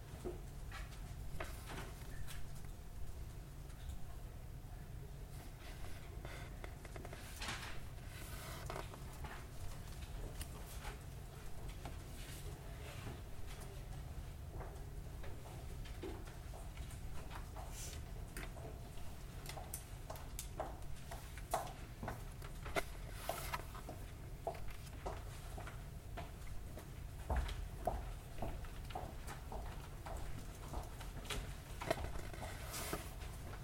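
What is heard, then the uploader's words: A library room with a steady low hum of air conditioning filling the background throughout. Scattered short, sharp clicks and taps, like footsteps and small handling noises, come every second or two, growing slightly busier toward the end. Field recording in the Art History section of the Main Library. Recorded 4 December, 2012 in stereo on Zoom H4N with windscreen. Footsteps, brief moments of conversations and the hum of air conditioning in the background.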